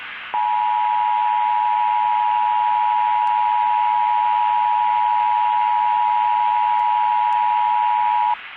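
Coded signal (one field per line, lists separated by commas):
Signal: Emergency Alert System (SAME) tones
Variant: 853 and 960 Hz attention tone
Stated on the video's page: Valid SAME tones in a fictional EAS scenario about a radioactive meteor impact.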